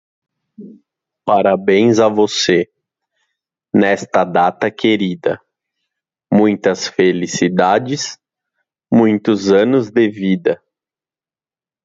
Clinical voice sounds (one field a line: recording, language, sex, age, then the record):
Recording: short text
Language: Brazilian Portuguese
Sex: male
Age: 30 to 39 years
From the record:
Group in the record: control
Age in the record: 35 years